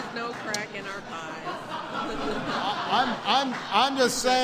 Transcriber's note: laughter